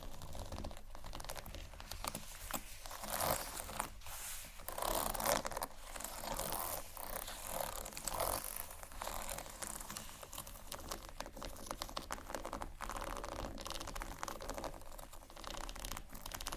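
Scratching sounds fill the clip, a dense run of quick, uneven scrapes and crinkly rustles that barely pause. The texture is bright and papery, with short bursts swelling now and then over a faint, steady low hum underneath.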